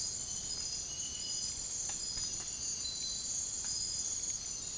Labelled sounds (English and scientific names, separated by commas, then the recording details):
none
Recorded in dense forest near Puerto Asís, Putumayo, Colombia, on 23 June 2025 at 04:30
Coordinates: 0.503, -76.323
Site G059